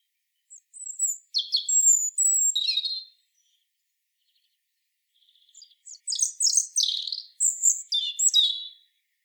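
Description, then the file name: European robin delivering two high, trickling, warbled phrases about two seconds apart, each mixing thin whistles with quick twittering notes, and nothing else heard. "Erithacus rubecula"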